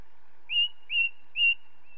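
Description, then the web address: Ring ouzel singing three clear, fluty whistled notes evenly spaced at roughly half-second intervals. "BBC Sound Effects Library. Ring Ouzel"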